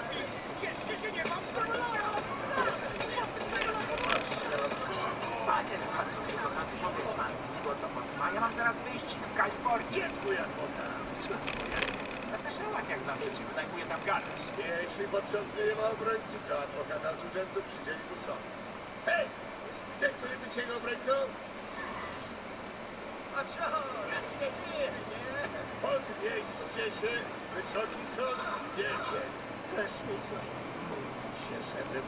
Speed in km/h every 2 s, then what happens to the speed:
30, 35, 34, 38, 38, 38, 34, 28, 18, 9, 4, 2, 12, 15, 18, 24.
0-6 speeds up to 38. 6-11 steady at about 38. 11-21 brakes to 2. 21-32 speeds up to 24.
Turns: none.